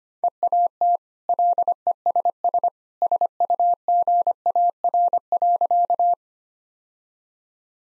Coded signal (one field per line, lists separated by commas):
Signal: Morse code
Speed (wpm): 25 wpm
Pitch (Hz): 700 Hz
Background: none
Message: EAT LESS SUGAR.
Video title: Easy Sentences with Hints - 25wpm